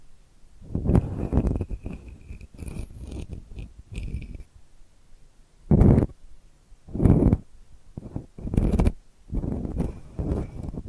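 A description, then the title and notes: Delicate scratching comes in short bursts of soft rasping strokes, with quiet gaps between them. A cluster of busy scratches fills the first four seconds, then louder single swipes land near six, seven, nine and ten seconds. A faint thin squeak sometimes rides above the strokes. ASMR Delicate Scratching for Sleep (No Talking).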